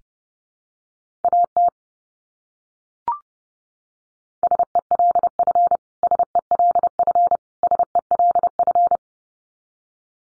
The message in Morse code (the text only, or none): AT SELF SELF SELF